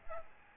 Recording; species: mosquito wingbeat signal from an infrared sensor; Aedes albopictus